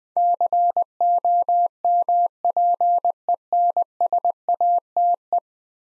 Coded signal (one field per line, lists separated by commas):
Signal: Morse code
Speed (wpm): 20 wpm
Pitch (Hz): 700 Hz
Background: none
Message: COMPENSATE